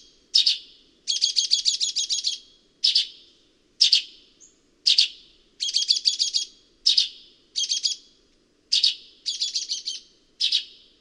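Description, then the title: Sultan tit calling with rapid rattling trills of sharp high notes interspersed with lone scratchy chirps, repeated throughout. "G3latik b4t0. Sultan Tit (Melanochlora sultanea)"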